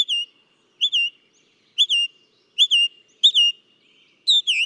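Northern mockingbird repeating a two-part whistled phrase about once a second, each a sharp note followed by a slurred one, with brief quiet gaps.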